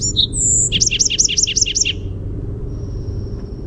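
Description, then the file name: Bewick's wren singing one phrase: a sharp introductory note and a high whistle, then a run of about seven rapid paired buzzy notes, over steady low rumbling noise. "BEWR song"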